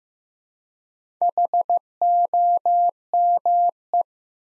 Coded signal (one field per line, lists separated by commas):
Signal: Morse code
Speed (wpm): 15 wpm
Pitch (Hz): 700 Hz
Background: none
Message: HOME